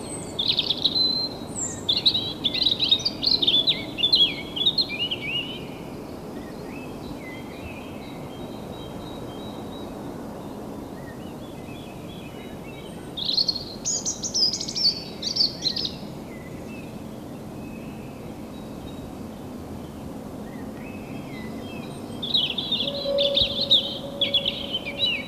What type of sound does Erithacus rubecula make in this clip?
song